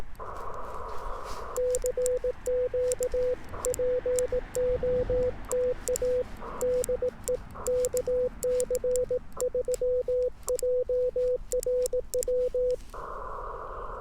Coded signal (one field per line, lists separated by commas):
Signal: Morse code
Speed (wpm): 18 wpm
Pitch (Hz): 500 Hz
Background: none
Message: CQ POTA DE KC3JRW